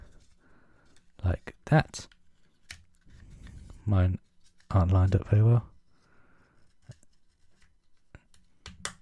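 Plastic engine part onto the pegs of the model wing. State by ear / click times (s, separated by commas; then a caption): seated / 8.7 s, 8.8 s. A plastic engine part for a DeAgostini partwork X-Wing model is lined up on the pegs of the model wing and pushed in, with light plastic handling taps and someone talking in between. Two sharp clicks at 8.7 s and 8.9 s mark the pegs going in, and the part is seated securely.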